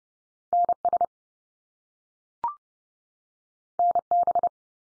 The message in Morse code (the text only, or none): NS NB